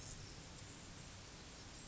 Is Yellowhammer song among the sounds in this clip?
no